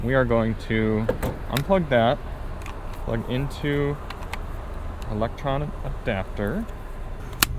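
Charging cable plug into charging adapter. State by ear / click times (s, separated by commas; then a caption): seated / 7.4 s. A 2025 Rivian R1S at a charging station has its EV charging cable plug pushed into a NACS-to-CCS adapter while someone talks. The plug seats with a very solid click at 7.4 seconds.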